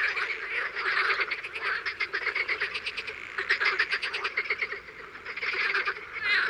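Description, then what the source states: Frogs and toads croaking in a thick chorus, quick pulsed trills overlapping steadily. Recorded in the morning.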